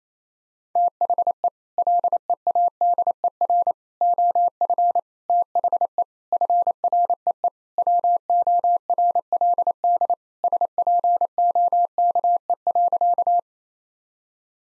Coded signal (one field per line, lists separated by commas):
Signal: Morse code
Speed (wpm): 28 wpm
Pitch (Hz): 700 Hz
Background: none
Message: THE LEADER OF THE FREE WORLD SPOKE.